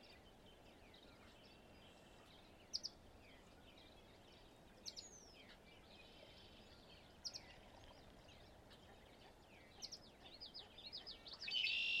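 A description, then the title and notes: Morning wetland birdsong over a steady low hiss, with many faint chirps and trills layered in the high register. Short sharp calls stand out roughly every two to three seconds, and near the end a louder, denser burst of bright chatter rises. Okanogan Wetland Morning. It was a cool, crisp Spring morning, but the life and voices of the marsh and lake were as active as always. The wind was light, and the cool air helped project voices across the lake. I was delighted to hear a Brewer's Blackbird, a shy cousin of the Red-winged, popping in and out of the mix.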